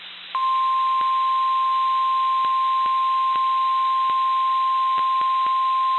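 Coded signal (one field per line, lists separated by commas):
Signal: Emergency Alert System (SAME) tones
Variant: 1050 Hz attention tone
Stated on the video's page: EAS alerts received via SDR in Poughkeepsie, New York.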